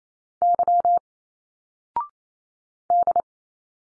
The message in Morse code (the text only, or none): Y D